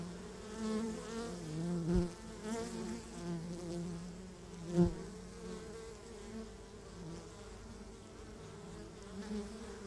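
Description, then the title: Honey bees buzzing, a steady low drone with harmonic bands and brief louder bursts around two and five seconds. Beehive at Laren, Gelderland, Netherlands, recorded 17 July 2015; not a binaural recording. "Beehive. Bijenkorf (Laren Gld., July 17th 2015)"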